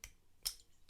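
A snap-fit cap on a glass perfume bottle is given a slight quarter turn instead of being pulled. It comes free with a sharp click at 0.5 s, and the cap is released. Fainter ticks are heard near the start and end of the clip.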